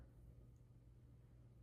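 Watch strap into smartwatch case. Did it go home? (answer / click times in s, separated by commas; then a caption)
no / none. The second half of a watch strap is being fitted into the lug of a Samsung Galaxy Watch 8 44mm case, with only a steady low rumble and faint handling noise heard. Nothing has seated or clicked yet.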